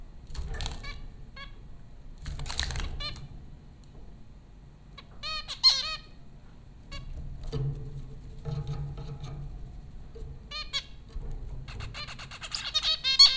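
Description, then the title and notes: Zebra finch calls, short bursts of nasal trumpet-like beeps separated by quieter pauses, a busier flurry at the end, over a low background hum. Zebra finches recorded by Dan Bodah at Popcorn School, Flatbush, Brooklyn, New York, in April 2009. "Dronecast: The Popcorn Finches Four from Apr 15, 2009. Zebra finches recorded by Dan Bodah at Popcorn School, Flatbush, Brooklyn NY in April 2009"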